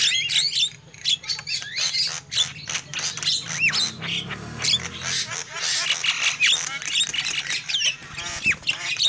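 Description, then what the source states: Lovebird calls: fast shrill chirps and squawks with a few upward-sweeping notes, nearly nonstop, over a low hum. Lure call used for trapping lovebirds.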